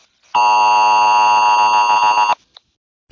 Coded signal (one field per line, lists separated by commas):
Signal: Emergency Alert System (SAME) tones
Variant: 853 and 960 Hz attention tone